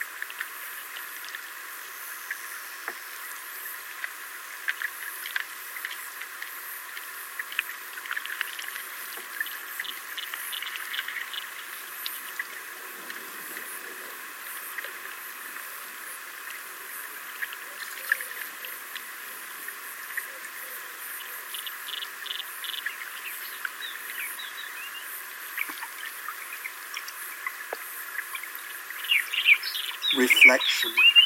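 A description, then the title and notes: A steady, bright fizz of river water runs throughout, thin and airy with no deep rumble beneath it. Tiny clicks and chirping ticks flicker through the hiss, and the sound swells near the end, with a sharp splashing burst around the thirty-second mark. A sonic immersion in the River Allen, UK, one of the world's few chalk rivers.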